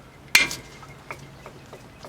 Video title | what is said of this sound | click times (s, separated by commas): 2002 Nissan Maxima: How to Replace Front and Rear Brake Pads, Rotors and Flush Dot3 Brake Fluid 2/2 | there you can hear it snap in place | 0.4 s